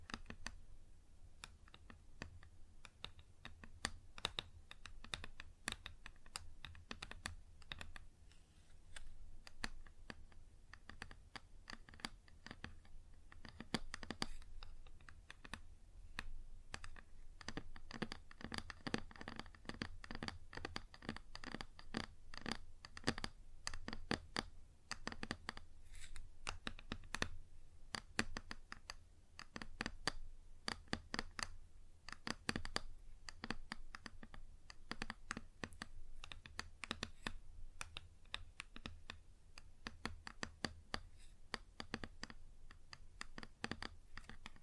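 Fingers tap and scratch on a wooden surface in quick, irregular clicks that grow denser after fifteen seconds, over a steady low hum.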